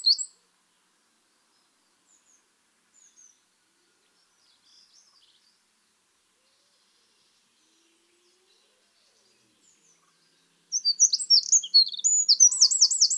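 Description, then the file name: Eurasian wren: a brief high note, then near-silence with faint scattered chirps, then a loud, fast run of high twittering notes and trills. "Troglodytes troglodytes"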